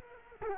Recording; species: mosquito wingbeat signal from an infrared sensor; Culex quinquefasciatus